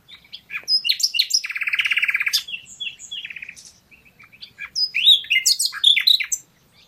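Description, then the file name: Common nightingale singing: sharp whistles and clicks, a fast buzzy rattling trill, a pause, then another burst of varied chirping phrases. "Luscinia megarhynchos"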